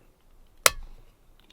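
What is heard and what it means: A plastic fold-out JetBoil canister stand (fuel stabilizer) is pressed onto the base of a gas stove fuel canister. A single loud, sharp snap at 0.7 s rings briefly and fades, followed by a few faint ticks around 1.4–1.5 s. The stand clamps onto the canister and is seated.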